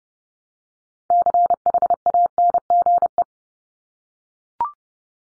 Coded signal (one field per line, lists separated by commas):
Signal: Morse code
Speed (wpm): 30 wpm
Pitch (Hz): 700 Hz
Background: none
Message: CHANGE